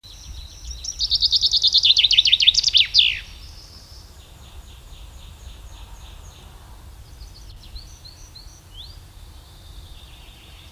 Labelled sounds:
Common Chaffinch (Fringilla coelebs) song

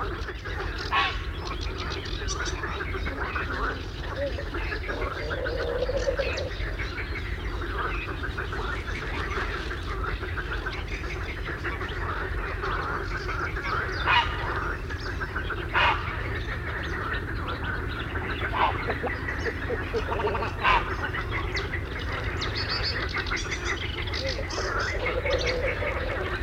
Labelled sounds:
Greylag Goose (Anser anser) call

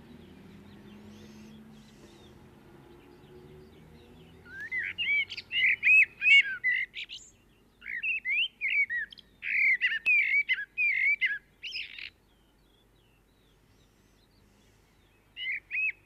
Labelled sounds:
Common Blackbird (Turdus merula) song

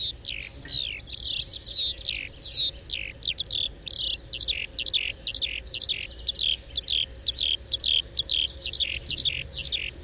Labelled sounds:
Eurasian Skylark (Alauda arvensis) flight song

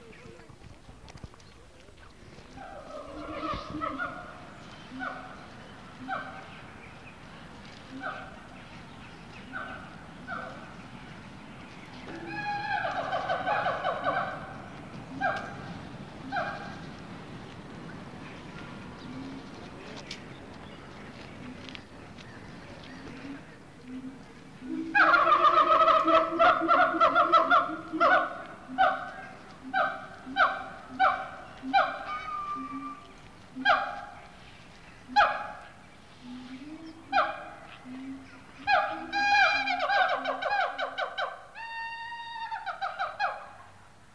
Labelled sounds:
Siamang (Symphalangus syndactylus)

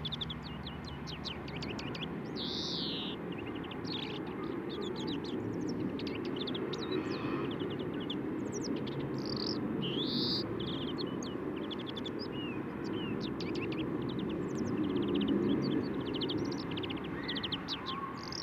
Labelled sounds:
European Greenfinch (Chloris chloris) song

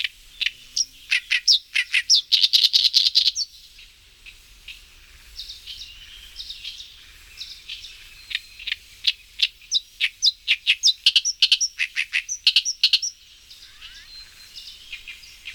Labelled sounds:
Oriental Reed Warbler (Acrocephalus orientalis) song

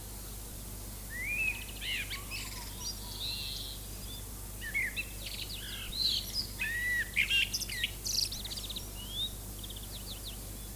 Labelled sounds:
Common Blackbird (Turdus merula) song

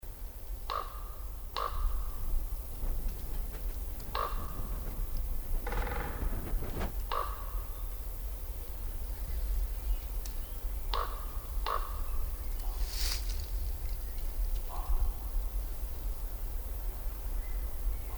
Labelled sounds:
Common Raven (Corvus corax) call

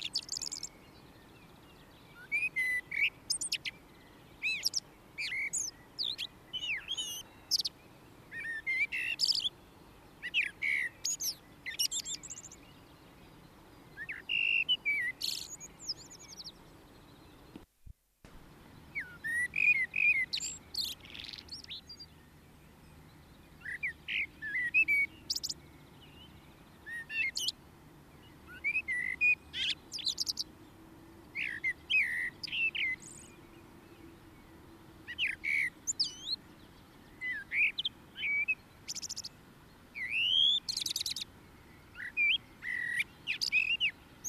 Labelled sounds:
Common Blackbird (Turdus merula) song

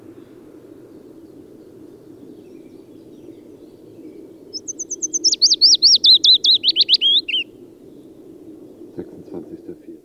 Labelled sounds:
Willow Warbler (Phylloscopus trochilus) song

